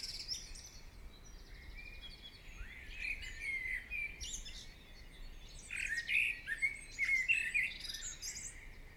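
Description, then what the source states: Birds singing, quick chirps and warbling trills that grow denser and louder in the latter part. Birds singing in the morning.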